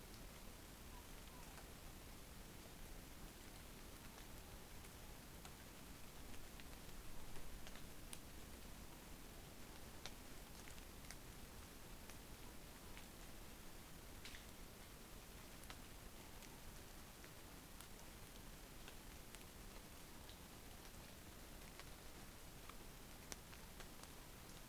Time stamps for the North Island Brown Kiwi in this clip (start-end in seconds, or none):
none